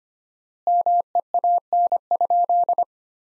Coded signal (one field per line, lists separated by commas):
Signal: Morse code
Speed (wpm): 25 wpm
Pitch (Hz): 700 Hz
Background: none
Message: MEAN?